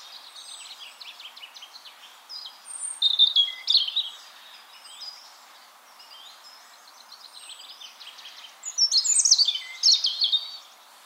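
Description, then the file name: European robin giving soft, scratchy high twitters with two louder bursts of sparkling warbled phrases. "Erithacus rubecula"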